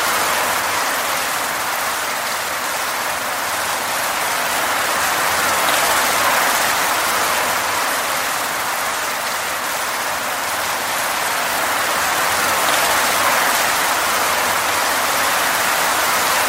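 Steady light rain falls throughout, a dense, even hiss of countless small drops with no pauses or build. The sound sits bright and airy with little low rumble, and the level holds nearly constant across the whole stretch.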